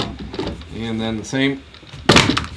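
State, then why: Seated. A second matching accessory piece is fitted onto the turntable mount the same way and snaps into place with a sharp click at 2.4 s. Someone talks throughout, and the piece is seated.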